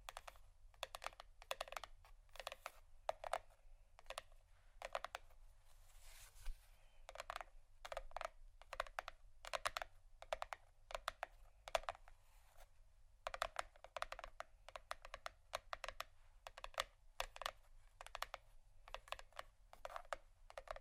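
Soft tapping on cardboard, a quick run of light, dry clicks at an uneven typing-like pace, each one short and crisp. A brief scratchy rustle breaks in around six seconds, and a faint low hum sits underneath throughout.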